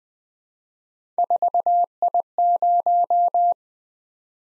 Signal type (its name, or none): Morse code